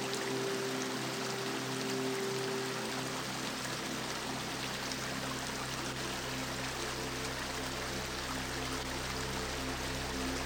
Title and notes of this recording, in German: BERUHIGENDE MUSIK mit dem Geräusch einer FLUSS-Strömung. Hören Sie die natürlichen Wellen des Wassers, die sich mit sanften Melodien vermischen